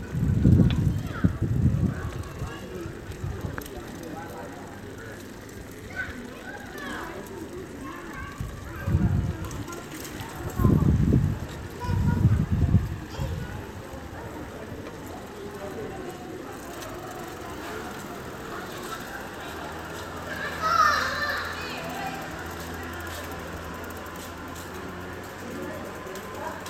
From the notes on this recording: Riding my bike through Mestre back to the farm at night